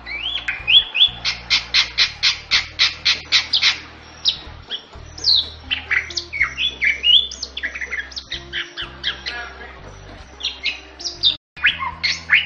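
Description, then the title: Bali myna song starting with a rapid string of raspy notes, followed by varied squawks, rising whistles and chattering phrases, with a soft steady hum behind. Bali myna with a unique-sounding voice, used as a masteran tutor for training champion contest songbirds. "Ini Dia Masteran Jalak Bali Yang BERSUARA UNIK Untuk Gacoran Juara"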